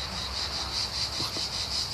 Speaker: vous voyez bien, je vous reçois dans un lieu paradisiaque, on entend les cigales, la mer n'est pas loin, la castagne solaire frappe, nous sommes dans l'ombre.